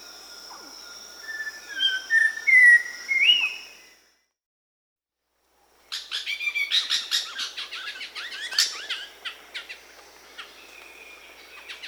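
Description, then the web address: Red-crowned ant-tanager: a short series of clear whistled notes, then after a silent gap a busy run of sharp chirps and chatter. South America. "Natures Songs S America Red-crowned Ant-Tanager"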